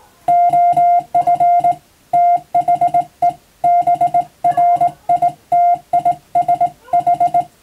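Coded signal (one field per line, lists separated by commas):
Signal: Morse code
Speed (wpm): 20 wpm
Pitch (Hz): 700 Hz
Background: music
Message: OF THE BRITISH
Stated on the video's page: Morse practice recorded from amateur radio on the air.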